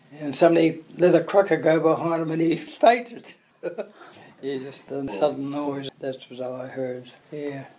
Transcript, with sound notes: and somebody let a cracker go behind him and he fainted. [Chuckle] Yeah, just the sudden noise… that’s what I heard, yeah.